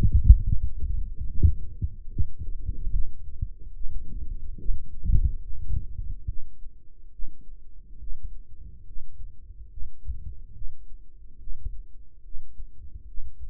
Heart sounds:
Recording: heart sounds by microphone in the right ear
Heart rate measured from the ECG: 71 bpm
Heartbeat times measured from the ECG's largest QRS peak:
0.44 s: heartbeat
1.28 s: heartbeat
2.10 s: heartbeat
2.92 s: heartbeat
3.74 s: heartbeat
4.59 s: heartbeat
5.43 s: heartbeat
6.27 s: heartbeat
7.12 s: heartbeat
8.00 s: heartbeat
8.85 s: heartbeat
9.70 s: heartbeat
10.54 s: heartbeat
11.40 s: heartbeat
12.24 s: heartbeat
13.07 s: heartbeat
From the record:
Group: healthy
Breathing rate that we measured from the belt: 18 breaths a minute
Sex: male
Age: 55 years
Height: 167 cm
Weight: 57.2 kg

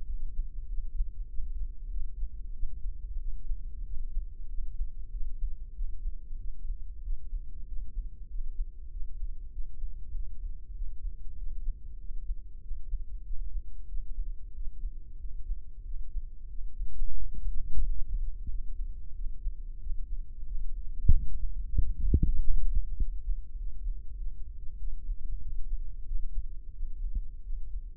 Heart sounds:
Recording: heart sounds by microphone in the left ear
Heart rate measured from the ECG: 94 bpm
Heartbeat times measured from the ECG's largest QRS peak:
0.10 s: heartbeat
0.71 s: heartbeat
1.31 s: heartbeat
1.93 s: heartbeat
2.56 s: heartbeat
3.22 s: heartbeat
3.88 s: heartbeat
4.51 s: heartbeat
5.14 s: heartbeat
5.78 s: heartbeat
6.41 s: heartbeat
7.06 s: heartbeat
7.70 s: heartbeat
8.32 s: heartbeat
8.93 s: heartbeat
9.55 s: heartbeat
10.16 s: heartbeat
10.77 s: heartbeat
11.40 s: heartbeat
12.02 s: heartbeat
12.64 s: heartbeat
13.27 s: heartbeat
13.91 s: heartbeat
14.56 s: heartbeat
15.22 s: heartbeat
15.87 s: heartbeat
16.52 s: heartbeat
17.18 s: heartbeat
17.85 s: heartbeat
18.52 s: heartbeat
19.17 s: heartbeat
19.83 s: heartbeat
20.49 s: heartbeat
21.15 s: heartbeat
21.80 s: heartbeat
22.41 s: heartbeat
23.01 s: heartbeat
23.60 s: heartbeat
24.20 s: heartbeat
24.82 s: heartbeat
25.44 s: heartbeat
26.08 s: heartbeat
26.76 s: heartbeat
27.46 s: heartbeat
From the record:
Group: healthy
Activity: rest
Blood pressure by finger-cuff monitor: 139/78 mmHg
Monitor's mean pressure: 97 mmHg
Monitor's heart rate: 94 bpm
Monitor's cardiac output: 7.8 L/min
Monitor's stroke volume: 84 mL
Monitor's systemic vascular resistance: 910 dyn s/cm5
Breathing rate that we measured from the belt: 16 breaths a minute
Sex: male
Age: 21 years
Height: 175 cm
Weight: 72.6 kg

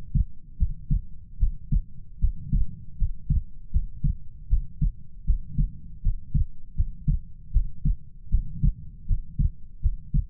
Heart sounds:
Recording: heart sounds by stethoscope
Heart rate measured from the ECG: 78 bpm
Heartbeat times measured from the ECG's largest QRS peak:
0.57 s: heartbeat
1.38 s: heartbeat
2.19 s: heartbeat
2.97 s: heartbeat
3.71 s: heartbeat
4.48 s: heartbeat
5.25 s: heartbeat
6.01 s: heartbeat
6.74 s: heartbeat
7.51 s: heartbeat
8.29 s: heartbeat
9.06 s: heartbeat
9.80 s: heartbeat
From the record:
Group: healthy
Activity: rest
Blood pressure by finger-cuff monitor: 92/54 mmHg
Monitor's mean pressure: 67 mmHg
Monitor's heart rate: 78 bpm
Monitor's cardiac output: 6.9 L/min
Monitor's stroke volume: 91 mL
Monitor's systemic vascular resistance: 680 dyn s/cm5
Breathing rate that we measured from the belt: 20 breaths a minute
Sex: female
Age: 19 years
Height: 163 cm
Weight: 48.9 kg

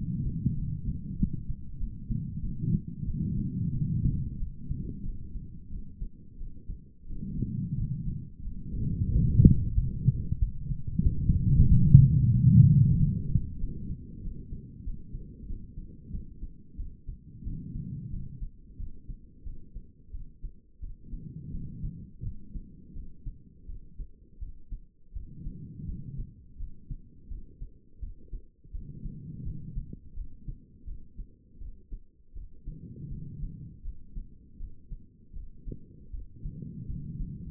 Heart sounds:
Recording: heart sounds by stethoscope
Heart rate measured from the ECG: 88 bpm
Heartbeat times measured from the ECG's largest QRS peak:
0.56 s: heartbeat
1.17 s: heartbeat
1.79 s: heartbeat
2.42 s: heartbeat
3.06 s: heartbeat
3.73 s: heartbeat
4.38 s: heartbeat
5.04 s: heartbeat
5.71 s: heartbeat
6.39 s: heartbeat
7.08 s: heartbeat
7.76 s: heartbeat
8.43 s: heartbeat
9.10 s: heartbeat
9.75 s: heartbeat
10.40 s: heartbeat
11.04 s: heartbeat
11.69 s: heartbeat
12.33 s: heartbeat
12.96 s: heartbeat
13.59 s: heartbeat
14.22 s: heartbeat
14.85 s: heartbeat
15.48 s: heartbeat
16.12 s: heartbeat
16.78 s: heartbeat
17.45 s: heartbeat
18.11 s: heartbeat
18.78 s: heartbeat
19.45 s: heartbeat
20.12 s: heartbeat
20.81 s: heartbeat
21.52 s: heartbeat
22.23 s: heartbeat
22.94 s: heartbeat
23.67 s: heartbeat
24.40 s: heartbeat
25.14 s: heartbeat
25.87 s: heartbeat
26.58 s: heartbeat
27.29 s: heartbeat
28.01 s: heartbeat
28.72 s: heartbeat
29.44 s: heartbeat
30.15 s: heartbeat
30.86 s: heartbeat
31.59 s: heartbeat
32.34 s: heartbeat
33.09 s: heartbeat
33.83 s: heartbeat
34.58 s: heartbeat
35.34 s: heartbeat
36.12 s: heartbeat
36.87 s: heartbeat
From the record:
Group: healthy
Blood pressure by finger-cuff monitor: 105/65 mmHg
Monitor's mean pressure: 82 mmHg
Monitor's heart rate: 88 bpm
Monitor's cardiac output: 5.8 L/min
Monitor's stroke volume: 67 mL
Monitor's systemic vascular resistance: 1040 dyn s/cm5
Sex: female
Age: 51 years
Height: 162 cm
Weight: 70.04 kg

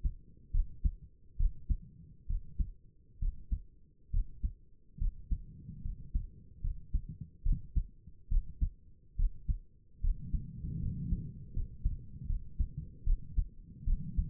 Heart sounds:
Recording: heart sounds by stethoscope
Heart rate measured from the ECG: 72 bpm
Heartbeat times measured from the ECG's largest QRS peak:
0.53 s: heartbeat
1.38 s: heartbeat
2.28 s: heartbeat
3.20 s: heartbeat
4.12 s: heartbeat
4.99 s: heartbeat
5.83 s: heartbeat
6.62 s: heartbeat
7.44 s: heartbeat
8.30 s: heartbeat
9.17 s: heartbeat
10.02 s: heartbeat
10.81 s: heartbeat
11.54 s: heartbeat
12.27 s: heartbeat
13.05 s: heartbeat
13.86 s: heartbeat
From the record:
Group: healthy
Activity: cold pressor test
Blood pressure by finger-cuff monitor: 94/62 mmHg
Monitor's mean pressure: 71 mmHg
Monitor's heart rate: 71 bpm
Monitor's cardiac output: 5.6 L/min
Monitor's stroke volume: 77 mL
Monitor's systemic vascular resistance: 910 dyn s/cm5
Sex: female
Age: 22 years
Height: 163 cm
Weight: 67.1 kg

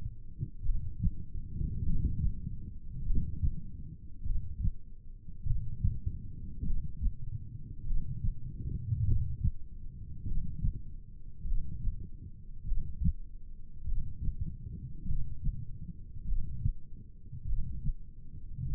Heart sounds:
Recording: heart sounds by stethoscope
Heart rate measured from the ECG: 50 bpm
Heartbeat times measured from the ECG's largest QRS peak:
0.66 s: heartbeat
1.86 s: heartbeat
3.07 s: heartbeat
4.27 s: heartbeat
5.47 s: heartbeat
6.67 s: heartbeat
7.88 s: heartbeat
9.07 s: heartbeat
10.28 s: heartbeat
11.48 s: heartbeat
12.68 s: heartbeat
13.88 s: heartbeat
15.09 s: heartbeat
16.29 s: heartbeat
17.49 s: heartbeat
18.69 s: heartbeat
From the record:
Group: heart failure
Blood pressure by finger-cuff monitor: 107/54 mmHg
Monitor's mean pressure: 71 mmHg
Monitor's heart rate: 50 bpm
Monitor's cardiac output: 4.7 L/min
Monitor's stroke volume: 94 mL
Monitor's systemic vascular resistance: 1080 dyn s/cm5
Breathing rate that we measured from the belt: 14 breaths a minute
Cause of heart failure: cardiac sarcoid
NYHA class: 1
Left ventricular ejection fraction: 39%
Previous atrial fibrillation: present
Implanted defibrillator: present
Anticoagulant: apixaban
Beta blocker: carvedilol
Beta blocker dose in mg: 50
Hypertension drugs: ramipril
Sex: male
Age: 79 years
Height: 184 cm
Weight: 92.5 kg

